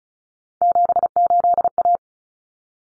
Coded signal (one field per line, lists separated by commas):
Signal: Morse code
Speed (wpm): 34 wpm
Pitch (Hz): 700 Hz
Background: none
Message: 78A